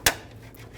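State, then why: Seated. The lower electrical connector is pushed into the dual radiator and condenser fan assembly of a 2000-2007 Ford Focus, the second fan connector on the assembly. One loud, sharp snap at 0.1 s marks it clicking in and seating, followed by a faint brief tick around 0.5 s over a low steady background.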